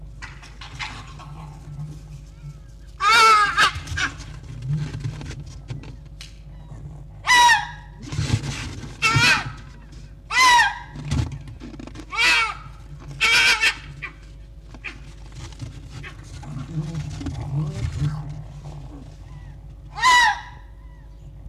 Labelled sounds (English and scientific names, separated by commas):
Red Fox (Vulpes vulpes)